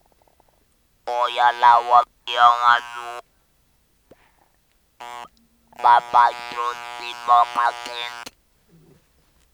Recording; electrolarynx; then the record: speech with an electrolarynx; conventional device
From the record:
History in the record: total laryngectomy